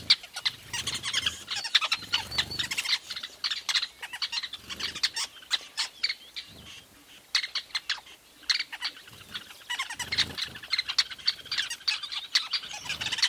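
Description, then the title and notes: Many weavers chatter in bursts of harsh, high chirps and squeaks, with short lulls between lively spells. Recorded at a large weaver nest in Etosha National Park, Namibia. "Secret Life Of A Weaver Nest. a large Weaver nest in Etosha NP, Namibia"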